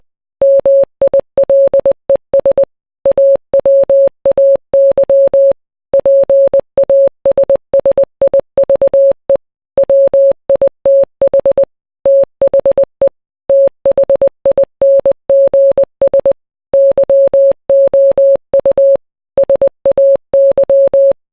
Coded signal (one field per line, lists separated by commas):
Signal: Morse code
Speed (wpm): 20 wpm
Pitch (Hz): 550 Hz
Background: none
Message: MILES AWAY PASSIVE WITH THE THINGS YOU SAY